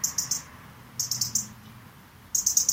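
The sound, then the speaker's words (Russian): A European robin gives sharp, metallic tik-tik call notes in three quick bursts of three to four high clicks each, separated by short pauses, over a faint low background rumble. “Она такая металлическая, такой цик-цик-цик.”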